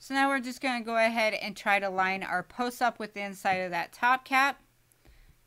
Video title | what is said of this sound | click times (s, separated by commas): Asmodus .Blank RDA - Review - 24mm Single Coil Leak Proof | know push down and you'll feel that it's not seated you have a little lip there on the bottom as well on it so | none